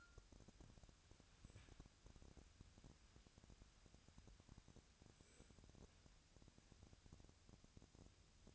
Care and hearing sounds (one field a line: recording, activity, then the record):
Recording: daily activity, microphone in the room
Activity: wipe stove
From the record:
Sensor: 2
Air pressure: 1006.9 hPa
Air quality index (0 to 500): 198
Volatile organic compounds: 13 ppm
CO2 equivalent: 2427 ppm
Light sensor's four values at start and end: 9/23/9/10 and 9/23/9/10